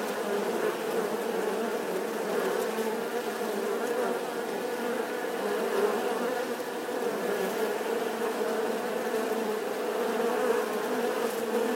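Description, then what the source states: Honey bees swarming, a constant dense buzz of countless wings forming a low humming drone that wavers gently in loudness over the whole stretch. Bee swarm buzzing outside the hive.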